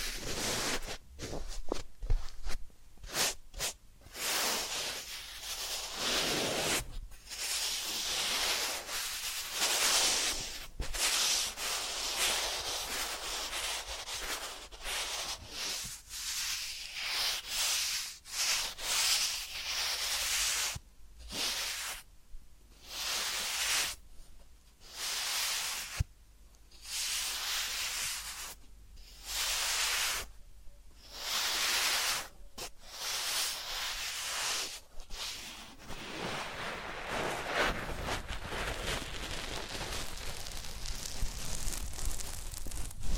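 Massage and ear-cleaning sounds: dense, bright rubbing and scratching strokes that hiss across the top. The strokes come in bursts broken by short silent gaps, most regular between about 20 and 35 seconds, then run smoother and softer toward the end.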